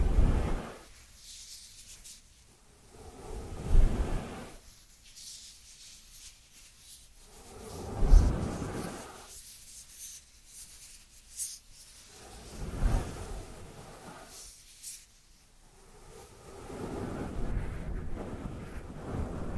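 Dry hands rub together in repeated strokes, each a soft scratchy swish lasting a second or two, separated by near-silent pauses. Bursts come about every three to four seconds, some with a low thump as the palms press, and the last one lingers longer.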